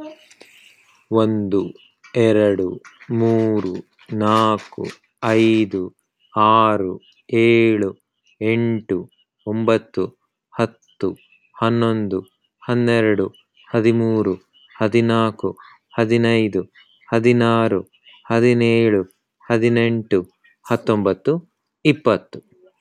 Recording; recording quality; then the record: counting at a normal pace; excellent, no background noise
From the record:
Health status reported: exposed to COVID-19, no respiratory illness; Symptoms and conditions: sore throat, muscle pain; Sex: male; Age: 35 years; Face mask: not worn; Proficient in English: yes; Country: United States